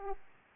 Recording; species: mosquito wingbeat signal from an infrared sensor; Aedes aegypti